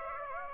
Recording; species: mosquito wingbeat signal from an infrared sensor; Aedes aegypti